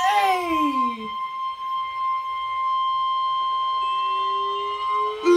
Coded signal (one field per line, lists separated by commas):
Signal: Emergency Alert System (SAME) tones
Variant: 1050 Hz attention tone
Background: speech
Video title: (BUNCHA TOR's BUNCHA FFW) NOAA Radio (EAS # 228-250) SVR's TOR's FFW's